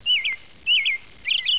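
Robin song: three short, high, clear phrases separated by brief pauses.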